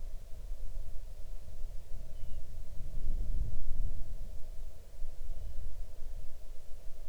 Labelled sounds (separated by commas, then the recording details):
bird, wind
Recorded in the Arctic National Wildlife Refuge, Alaska, on 6 July 2019 at 00:34
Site 39